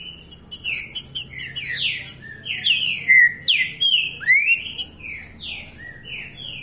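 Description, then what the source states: Green-winged saltator singing a rapid stream of varied whistles and downslurred notes mixed with high chips, bright phrases peaking midway; faint low hum in the background. Said to sing continuously like this all year round.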